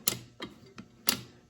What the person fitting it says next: click there that's the detent